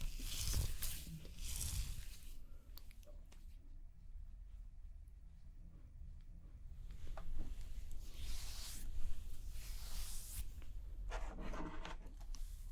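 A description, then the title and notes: Soft brushing and squishy rustles come in short bursts near the start, middle and end, over a low steady rumble. Doing Your Makeup ASMR No Talking.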